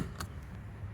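A new fuel filler cap is turned clockwise into a car's filler neck until its ratcheting torque clutch gives a sharp click at 0.2 s over a steady low rumble. The click confirms the cap is now tight.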